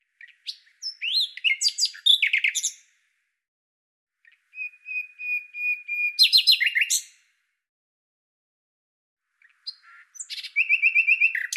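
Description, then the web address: Common nightingale song: phrases of rapid repeated notes, then a steady whistled note leading into fast churring trills, with silent pauses between phrases. "Deverinetal 2025"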